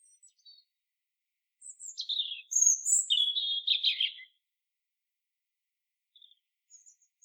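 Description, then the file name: European robin song: a quick phrase of thin high notes sliding down into a rich, tumbling warble, lasting about three seconds, with a few faint high notes before and after. "Erithacus rubecula"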